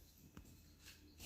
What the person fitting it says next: when you hear that click that's how you know you got in there right